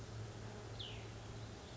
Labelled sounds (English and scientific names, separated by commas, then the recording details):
Cassin's Vireo (Vireo cassinii)
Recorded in Sonoma County, California